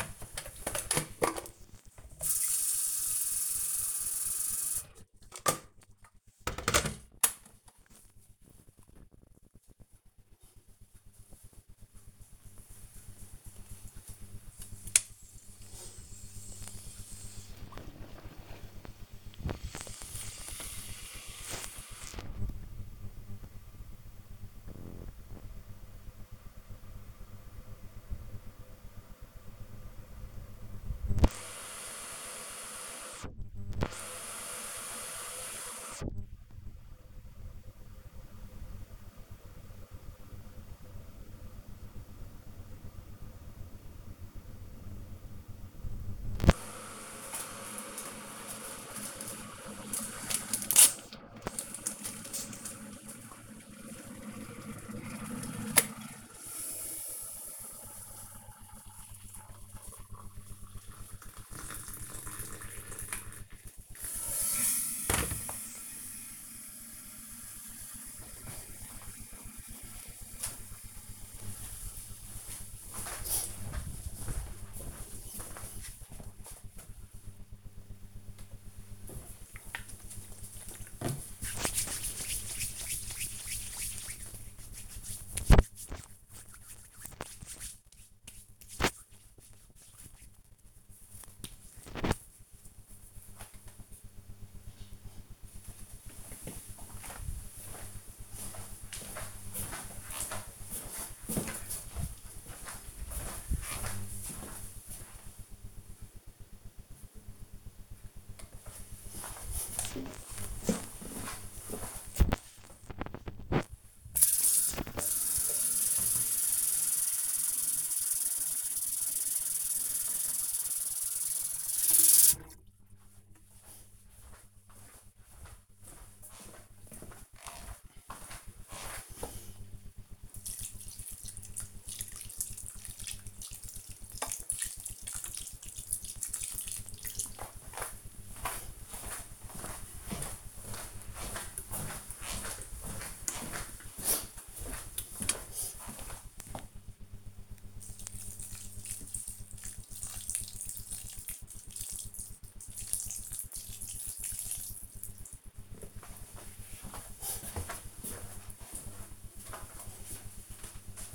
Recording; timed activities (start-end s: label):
household activities, microphone on the right wrist
0.00-67.98 s: making tea
78.04-93.14 s: disinfecting hands
108.21-158.50 s: watering plant